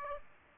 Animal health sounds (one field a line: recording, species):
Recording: mosquito wingbeat signal from an infrared sensor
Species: Aedes aegypti